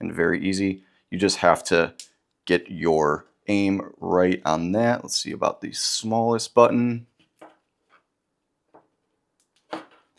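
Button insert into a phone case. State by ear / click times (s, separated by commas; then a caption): seated / 9.7 s. Someone talks, then a few faint taps follow as the smallest silver metal button insert is pushed up and into its opening in a Caudabe iPhone 16 Pro phone case. It clicks into place at 9.7 s, and the button inserts are all seated.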